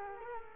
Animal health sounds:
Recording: mosquito wingbeat signal from an infrared sensor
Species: Culex quinquefasciatus

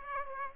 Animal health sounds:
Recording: mosquito wingbeat signal from an infrared sensor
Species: Aedes aegypti

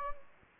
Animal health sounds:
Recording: mosquito wingbeat signal from an infrared sensor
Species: Anopheles gambiae

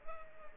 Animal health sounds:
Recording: mosquito wingbeat signal from an infrared sensor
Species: Culex pipiens

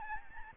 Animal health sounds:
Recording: mosquito wingbeat signal from an infrared sensor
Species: Aedes albopictus

